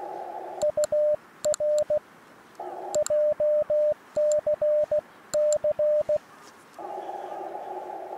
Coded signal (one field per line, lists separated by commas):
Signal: Morse code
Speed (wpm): 16 wpm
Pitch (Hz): 600 Hz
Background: radio noise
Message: UR JCC